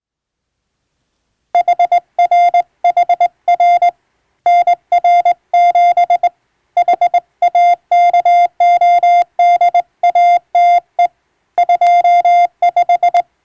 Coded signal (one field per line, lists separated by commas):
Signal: Morse code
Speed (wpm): 21 wpm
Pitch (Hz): 700 Hz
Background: music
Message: HRHR NR7 HAKODATE 25